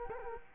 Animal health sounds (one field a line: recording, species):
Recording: mosquito wingbeat signal from an infrared sensor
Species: Culex quinquefasciatus